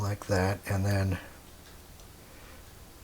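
A 16 GB memory card is handled at the card slot of a YoLuke 5MP PTZ WiFi security camera. Someone talks for about the first 1.2 seconds, and then only quiet background remains. Nothing has seated or clicked yet.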